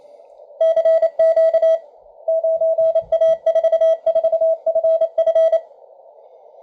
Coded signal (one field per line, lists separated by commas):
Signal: Morse code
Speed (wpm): 28 wpm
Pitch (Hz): 650 Hz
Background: radio noise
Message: CQ 9A44FF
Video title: Various and including 9A4FF CW decode and II0LOVE